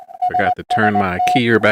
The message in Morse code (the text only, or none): SST